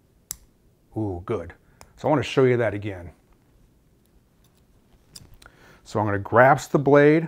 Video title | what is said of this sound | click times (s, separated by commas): Loading a scalpel, needle holder, and sponge stick | or slide the blade down following the ridge of the needle holder until you hear a click. Oh good. | 0.3 s